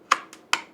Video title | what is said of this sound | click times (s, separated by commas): Ruko U11MINI 4k Drone - Unboxing then Getting It in the Air for Beginners! | Get a little click. | 0.1 s, 0.5 s